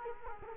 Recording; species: mosquito wingbeat signal from an infrared sensor; Culex quinquefasciatus